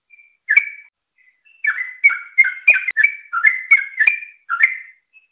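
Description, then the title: Yellow-vented bulbul sings a bubbly run of short, liquid warbled notes that rise and fall, delivered in a quick chattering phrase after a brief opening note. "Suara Burung Trucukan"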